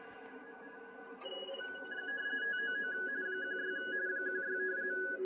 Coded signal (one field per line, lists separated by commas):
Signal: RTTY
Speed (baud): 45.45 baud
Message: 599 16 16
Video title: 2021 CQ WW DX CONTEST, RTTY Operation - HL2WA (SEP25, 2021)